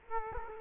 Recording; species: mosquito wingbeat signal from an infrared sensor; Culex quinquefasciatus